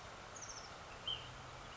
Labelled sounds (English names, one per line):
Ash-throated Flycatcher